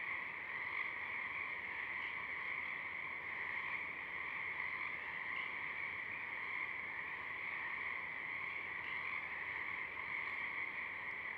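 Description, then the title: Pacific chorus frogs calling together in a constant, even chorus, overlapping croaks blending into one sustained buzz. A few Pacific chorus frogs singing at dusk, recorded through a parabolic reflector. "Pacific Chorus Frogs (Pseudacris regilla), dusk, Parabolic"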